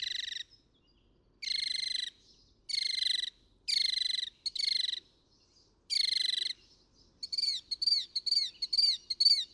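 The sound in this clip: Northern mockingbird song of buzzy, trilled phrases repeated with pauses, ending in a fast series of quick chattering notes.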